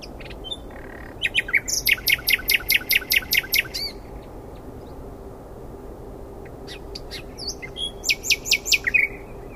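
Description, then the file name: Common nightingale singing a rapid, even run of sharp repeated notes, pausing about four seconds, then another quick repeated phrase with varied whistles. "Luscinia megarhynchos"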